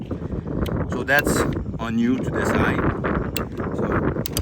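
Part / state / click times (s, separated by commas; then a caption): sail tension adjuster on a windsurf rig / seated / 3.4 s, 4.4 s. Someone talks while tightening the sail tension adjuster on a Point-7 AC1-LTD 2025 windsurf rig, which is already at the set mark. Two more clicks are added, with sharp clicks at 3.4 s and 4.4 s. The adjuster engages two notches and seats.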